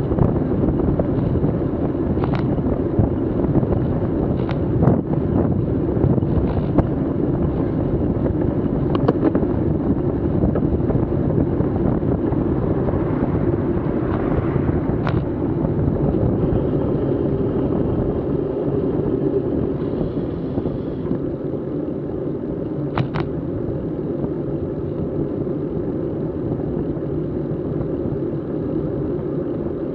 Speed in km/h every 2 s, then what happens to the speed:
31, 31, 31, 31, 30, 30, 30, 28, 24, 19, 19, 20, 20, 20, 20.
0-13 steady at about 31. 13-18 slows to 19. 18-30 steady at about 20.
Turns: none.